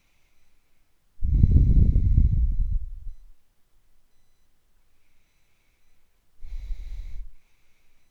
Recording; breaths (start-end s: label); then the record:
nose breathing near a microphone
0.00-1.18 s: inhalation
1.18-3.20 s: exhalation
4.78-6.33 s: inhalation
6.33-7.17 s: exhalation
7.17-8.11 s: inhalation
From the record:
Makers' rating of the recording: medium